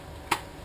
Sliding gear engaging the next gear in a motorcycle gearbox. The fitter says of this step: it click into the gear vent it was between gears for a moment